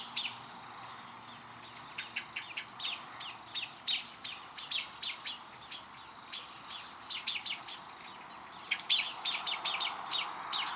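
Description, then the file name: Eurasian blackbird calling: hard, metallic chink notes in irregular bursts, sometimes tightly bunched, with a low hiss behind. "Turdus merula"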